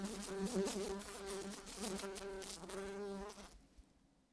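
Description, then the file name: Fly wing buzz, a loud wavering drone that rises and dips in pitch for about three and a half seconds, then stops, leaving quiet. "la grosse mouche"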